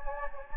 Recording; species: mosquito wingbeat signal from an infrared sensor; Anopheles gambiae